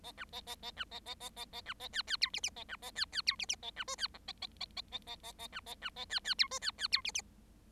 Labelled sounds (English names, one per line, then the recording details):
Bengalese Finch song
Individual Bird7